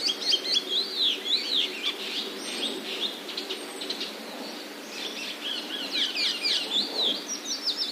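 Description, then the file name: Chestnut-cheeked starling calls, rapid looping squeaks and chirps at the start and again near the end, with a quieter pause midway. "komuku"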